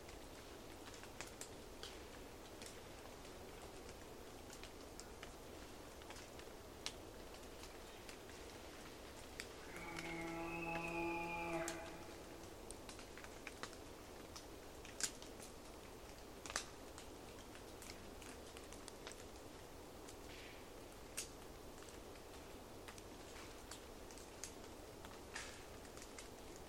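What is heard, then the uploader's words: Roosevelt elk in a forest glade, with scattered crisp taps and snaps over a steady soft hiss throughout. Around ten to twelve seconds in, a single drawn-out tonal call rises above the rest, then the ticking and crackling continue to the end. A long soundscape across Dawn in the Queets River Valley rainforest of the Olympic National Park. A small herd of Roosevelt Elk walks in from a distance, though a small forest glade, an away towards the Queets River bed. Distant traffic is funneled up the Valley.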